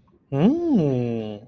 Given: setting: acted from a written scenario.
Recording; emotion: vocal sound without words; romantic love